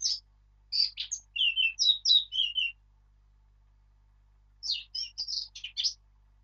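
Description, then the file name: Eurasian blackcap song: two bursts of rich, varied warbling phrases mixing high scratchy notes and lower fluty whistles, separated by a few seconds of silence. "Sylvia atricapilla"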